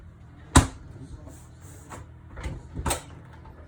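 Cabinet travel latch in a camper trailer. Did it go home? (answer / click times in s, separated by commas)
yes / 0.6 s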